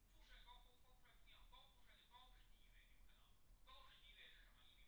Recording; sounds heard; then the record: poultry house recording; no chicken sound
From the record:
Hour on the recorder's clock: 9